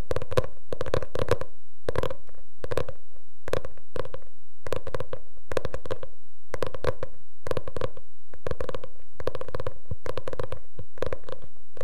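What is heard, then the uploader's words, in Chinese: Scratching, heard as a steady run of short rasping strokes, roughly two per second, for the whole twelve seconds. Each stroke is a brief scrape with a full, slightly hollow body and a hissy top, separated by near silence. 抓挠声。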